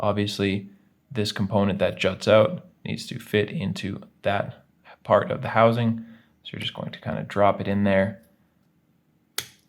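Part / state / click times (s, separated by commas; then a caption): internal plastic component snapping into the key fob housing half / seated / 9.4 s. A person talks while lining up the jutting internal plastic component of a 2008–2013 Cadillac CTS key fob with its slot in the plastic fob housing half, then drops it in and squeezes it down. After a pause, a short, sharp click at 9.4 seconds marks the component snapping into place so it sits flush in the housing.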